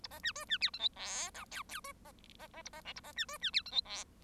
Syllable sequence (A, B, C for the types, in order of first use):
A B C D C E F G H I J J D B B B A B K A B C D C E F G H